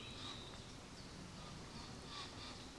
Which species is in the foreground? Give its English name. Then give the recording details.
Common Chiffchaff. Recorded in Germany. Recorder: ecoPi